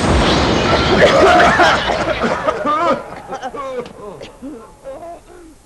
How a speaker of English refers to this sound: I don't like this. Oh, no. It's coming this way. Get down. It's a skyrocket.